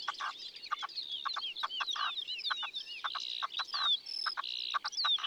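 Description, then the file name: Red-legged partridge calling: rhythmic harsh chuffing notes in quick clusters, mixed with many high whistles and chirps from other birds. "Perdrix rouge ABC des chants doiseaux"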